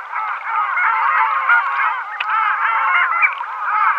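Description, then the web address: Long-tailed duck calling: a dense, continuous run of nasal, yodelling calls with no pauses. Male. "Schulze Peter Long-tailed Duck"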